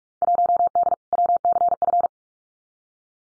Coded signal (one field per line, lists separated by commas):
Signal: Morse code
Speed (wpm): 46 wpm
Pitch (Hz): 700 Hz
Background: none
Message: 1D WCF